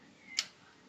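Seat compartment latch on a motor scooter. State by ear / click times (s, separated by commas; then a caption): released / 0.4 s. On a 2024 NMAX V2 motor scooter with a drained battery, the release is pressed to open the seat compartment. A single sharp, bright tick is heard at 0.4 s as the seat compartment latch clicks open and releases.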